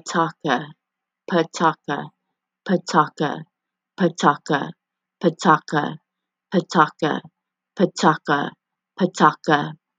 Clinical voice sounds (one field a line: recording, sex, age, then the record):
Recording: repeated syllables /pa ta ka/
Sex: female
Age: 40 to 49 years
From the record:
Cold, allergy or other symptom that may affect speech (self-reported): no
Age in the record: 40 years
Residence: Alabama, United States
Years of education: 16